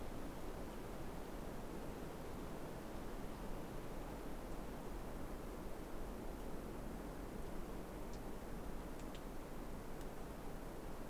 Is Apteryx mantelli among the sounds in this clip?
no